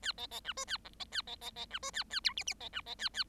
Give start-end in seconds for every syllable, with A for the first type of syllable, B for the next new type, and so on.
0.02-0.12 A, 0.17-0.27 B, 0.31-0.40 B, 0.44-0.53 C, 0.56-0.65 D, 0.67-0.77 A, 0.84-0.89 E, 0.99-1.04 B, 1.11-1.22 A, 1.27-1.36 B, 1.41-1.50 B, 1.55-1.65 B, 1.70-1.79 C, 1.82-1.91 D, 1.93-2.03 A, 2.10-2.20 A, 2.24-2.33 F, 2.36-2.44 G, 2.46-2.54 G, 2.60-2.69 B, 2.72-2.81 C, 2.86-2.95 B, 2.98-3.09 A, 3.13-3.24 A